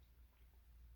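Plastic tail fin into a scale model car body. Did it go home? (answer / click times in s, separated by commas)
no / none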